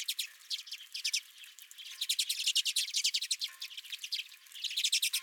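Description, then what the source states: Redpoll twitter, quick repeated chips in fast series, several birds overlapping. Redpolls at the recordist's own feeder.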